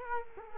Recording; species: mosquito wingbeat signal from an infrared sensor; Culex quinquefasciatus